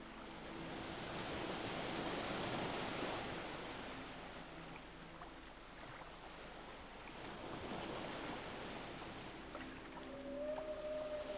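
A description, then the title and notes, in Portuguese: On a deserted beach, surf rushes in a steady wash, swelling around two to three seconds, with a thin high tone appearing near the end. Em uma praia deserta.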